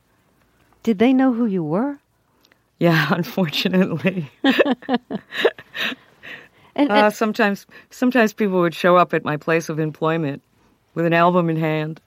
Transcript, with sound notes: Did they know who you were?
Yeah, unfortunately.
(LAUGHTER)
And sometimes people would show up at my place of employment with an album in hand.